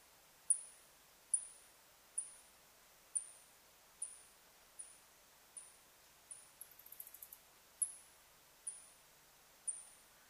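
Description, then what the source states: Birdlike noctule echolocation pulses: a regular series of sharp, high, falling chirps, one brief rapid buzzy burst midway, over low background hiss. Recorded 21 July 2009, at about 02:32 at night.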